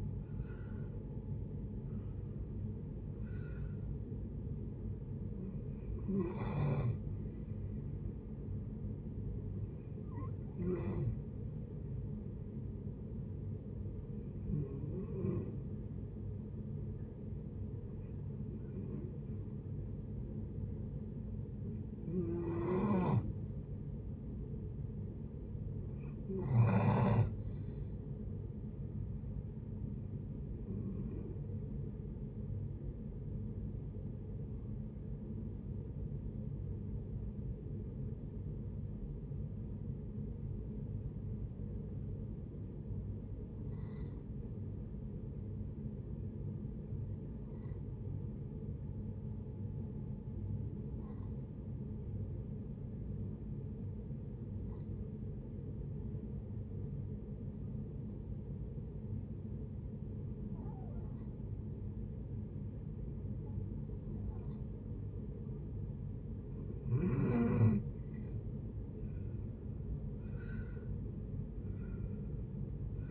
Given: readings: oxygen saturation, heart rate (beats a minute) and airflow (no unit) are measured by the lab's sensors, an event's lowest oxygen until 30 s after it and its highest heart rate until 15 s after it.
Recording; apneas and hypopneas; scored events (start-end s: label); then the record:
breathing in sleep by a smartphone at the bedside; 2
13.00-26.10 s: hypopnea (N1, oxygen 94% highest, then 84% lowest, heart rate 75 at the start, 75 highest)
27.00-73.11 s: new sleep stage, REM sleep
36.00-66.00 s: hypopnea (REM, oxygen 93% highest, then 66% lowest, heart rate 70 at the start, 86 highest)
From the record:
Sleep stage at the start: N1 (lightest sleep); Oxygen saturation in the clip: 71 to 94%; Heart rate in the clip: 56 to 81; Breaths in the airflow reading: 21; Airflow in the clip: -9.9 to 12.4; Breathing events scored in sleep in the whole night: 496 in 5.4 hours asleep